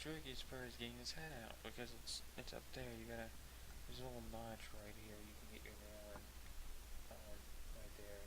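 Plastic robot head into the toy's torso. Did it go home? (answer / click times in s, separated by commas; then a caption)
no / none. Someone talks while working a transforming toy robot's plastic head out of its torso, a step they find tricky. Only speech and handling are heard, with no click. The head has not yet snapped into place in the torso, and nothing has seated.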